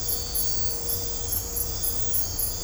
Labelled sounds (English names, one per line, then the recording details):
none
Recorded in dense forest near Puerto Asís, Putumayo, Colombia, on 22 December 2024 at 01:30
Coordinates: 0.503, -76.323
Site G043